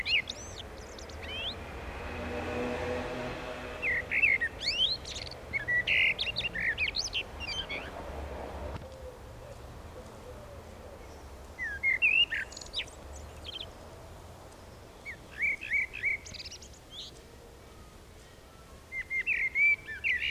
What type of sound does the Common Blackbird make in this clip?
song